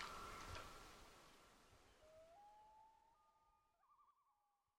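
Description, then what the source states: Loon's rising wail emerges after a burst of rushing noise, stepping up in pitch and ending in a short wavering tremolo that fades away. Recorded at a lake.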